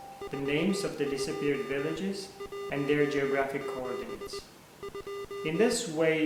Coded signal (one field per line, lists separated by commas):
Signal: Morse code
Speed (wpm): 20 wpm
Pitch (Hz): 1200 Hz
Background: speech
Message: 42 17 2